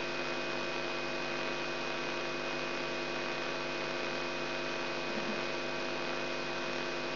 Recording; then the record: brain microelectrode recording played as sound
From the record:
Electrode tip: outside the subthalamic nucleus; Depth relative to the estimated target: -3.5 mm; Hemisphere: right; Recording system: AlphaMap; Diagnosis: Parkinson's disease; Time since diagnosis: 16 years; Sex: male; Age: 67 years